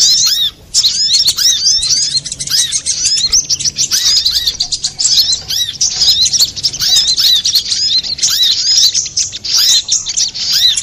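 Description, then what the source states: Little spiderhunter song, a steady, busy torrent of sharp high chips and curved whistles running almost without a break. Used to train cage birds; Indonesian name sogok ontong, labelled labaik.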